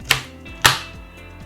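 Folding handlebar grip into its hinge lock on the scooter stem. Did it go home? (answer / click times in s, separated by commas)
yes / 0.1 s, 0.7 s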